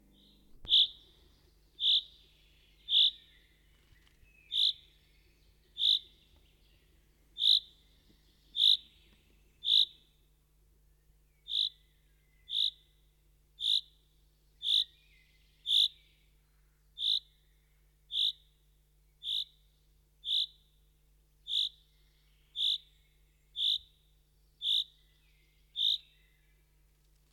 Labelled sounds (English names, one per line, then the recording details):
Common Chaffinch call
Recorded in the wild
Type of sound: call
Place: Kaiserslautern, Rheinland-Pfalz, DE
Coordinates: 49.26, 7.45
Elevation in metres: 206
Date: 1977-06-20
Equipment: Nagra IV, Sennheiser MKH 405, Parabolreflektor
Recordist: Tretzel, Erwin
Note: Alte Buche. Buchfink "rü"-Serie